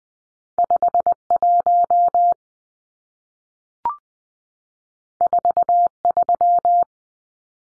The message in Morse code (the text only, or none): 51 43